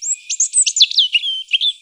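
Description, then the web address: Bird song: a rapid, high-pitched run of varied chirps, trills and sweeping whistled notes, lasting under two seconds. Birdsong recorded at Oxford Island on Lough Neagh. "Oxford Island Lough Neagh Bird Song Bits"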